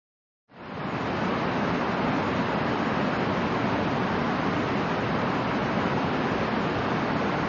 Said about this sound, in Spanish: Seguimos el sonido del agua hasta encontrar otra maravilla natural javanesa. Tumpak Sewu, con el monte Semeru al fondo.